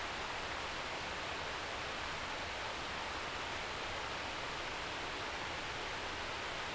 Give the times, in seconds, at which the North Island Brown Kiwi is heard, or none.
none